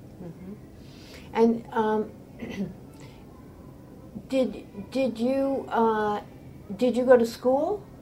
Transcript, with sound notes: Um hum. And um (clears throat) did did you ah -- did you go to school?